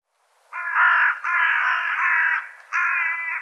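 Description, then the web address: Bird giving loud, prolonged harsh caws, three or four blended together in quick succession. "cianscape birddata"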